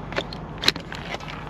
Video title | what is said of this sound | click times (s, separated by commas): Yo Yo Driving Bolt EV Yields Faster Charging Because of Battery Heating | heard it latch that's a good sign I heard a click | 0.7 s